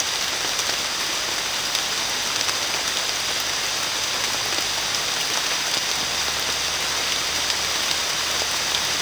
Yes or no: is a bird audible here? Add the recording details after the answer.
no. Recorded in secondary vegetation near Puerto Asís, Putumayo, Colombia, on 30 June 2025 at 15:30. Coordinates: 0.498, -76.327. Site GP09